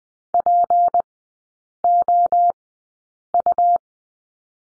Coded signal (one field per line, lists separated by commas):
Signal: Morse code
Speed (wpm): 20 wpm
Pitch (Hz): 700 Hz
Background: none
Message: POU